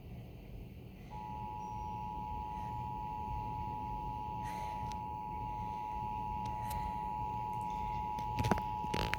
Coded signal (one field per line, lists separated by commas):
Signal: Emergency Alert System (SAME) tones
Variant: 853 and 960 Hz attention tone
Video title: EAS Tornado Warning During Arthur